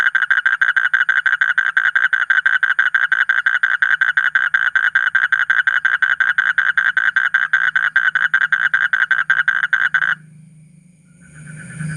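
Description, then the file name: Asian common toad trilling in a long chain of rapid, regular buzzy pulses for about ten seconds, then stopping, leaving a low hum and rustle. "suara kodok bangkong kolong kodok buduk"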